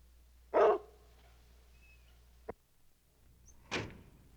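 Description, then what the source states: Dog giving a single short, harsh bark near the start, followed by a sharp knock and a later noisy burst like a door moving, over a low steady hum. Bark with a door sound.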